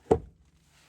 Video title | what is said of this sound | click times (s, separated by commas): Doubled Vans Counter Space for Under $40. Thor Sanctuary 19PT on a Ford Transit Chassis. | and it kind of like feels like it locks into place when you push it all the way down | 0.1 s